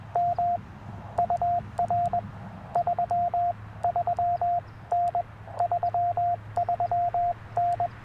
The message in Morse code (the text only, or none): M UR 33N 33N